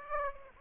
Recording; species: mosquito wingbeat signal from an infrared sensor; Aedes aegypti